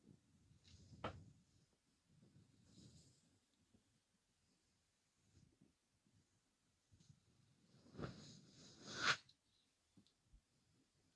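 Stroking: soft, low rubbing and rustling comes in uneven patches, with quiet gaps between. Sharper scrapes and knocks stand out near the first second and again around eight to nine seconds.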